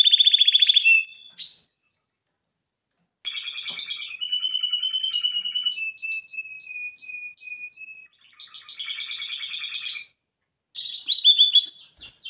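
Canary song in bursts: a fast trill, a pause, then rolling warbles and a long steady whistled note, more trills, another pause and a final rapid trilled phrase.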